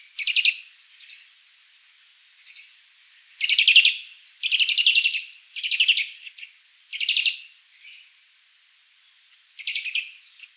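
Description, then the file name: Eurasian nuthatch calling in short, fast trills and sharp notes, loud bursts coming at irregular intervals after a quiet gap near the start. "Sitta europaea"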